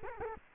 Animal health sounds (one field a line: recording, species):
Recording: mosquito wingbeat signal from an infrared sensor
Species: Culex quinquefasciatus